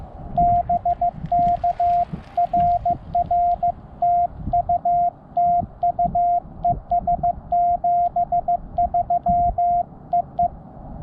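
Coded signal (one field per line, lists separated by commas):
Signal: Morse code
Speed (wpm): 16 wpm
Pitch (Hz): 700 Hz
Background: radio noise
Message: BK RR TU TU ES 73 EE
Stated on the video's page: QRP CW Parks on the Air activation at Chatfield State Park, sent with an iambic paddle on a QMX transceiver into an end-fed half-wave antenna.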